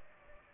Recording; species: mosquito wingbeat signal from an infrared sensor; Aedes aegypti